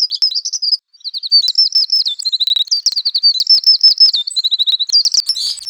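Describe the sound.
Bird song, a fast run of high chirping notes with rapid trills and short buzzy flourishes, nearly continuous with one brief pause early on.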